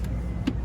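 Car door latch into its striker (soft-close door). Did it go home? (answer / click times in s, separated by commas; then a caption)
partly / 0.0 s, 0.5 s. The soft-close door latch of a 2022 BMW iX M60 clicks into its striker at 0.0 s and again at 0.5 s as the door is pushed in until it clicks and let go. The soft-close mechanism then pulls the door fully shut over a steady low hum, so the latch has partly seated.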